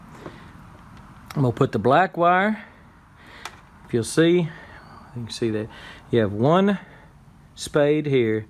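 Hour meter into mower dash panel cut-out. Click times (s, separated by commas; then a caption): 0.3 s. A plastic hour meter with locking tabs is pressed by its outer edges, avoiding the LED screen, into a cut-out in the plastic dash panel of a Hustler Raptor mower, and it snaps in with a short sharp click at 0.3 s. Someone then talks, with another brief tick around 3.5 s, and the meter is seated.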